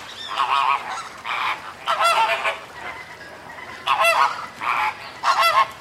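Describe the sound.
Bird calls in a handful of strong nasal honks, in two groups of three with a pause between.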